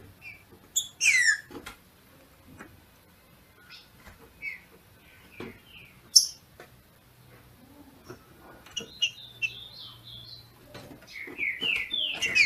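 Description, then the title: Green-winged saltator giving sparse whistled notes, then a fuller run of falling whistles near the end, with a few clicks. Female singing in the male style to stimulate the male. "FÊ MEA DE TRINCA FERRO MACHEANDO PARA ESQUENTAR O MACHO"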